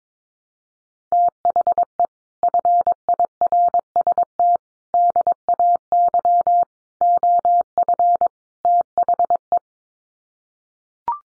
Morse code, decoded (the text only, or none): THE FIRST DAY OF THE